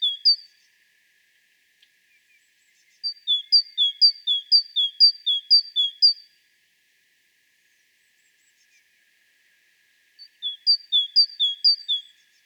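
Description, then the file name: Great tit singing bouts of repeated high-low note pairs: a long run of about seven pairs, a long pause, then another run. "Parus major"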